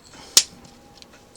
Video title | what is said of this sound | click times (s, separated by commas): Transformers Age of The Primes Armada Red Alert review | And it does lock into place very firmly as you just heard that click. | 0.4 s